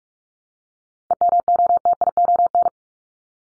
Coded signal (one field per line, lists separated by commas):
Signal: Morse code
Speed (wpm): 44 wpm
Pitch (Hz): 700 Hz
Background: none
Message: EMOTION